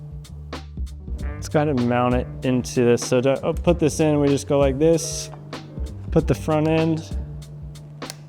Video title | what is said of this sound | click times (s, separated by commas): New Stark Varg Is Electric ⚡️ Unboxing & Assembly | clicks right in, | 8.1 s